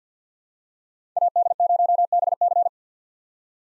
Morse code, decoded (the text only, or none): AD0BC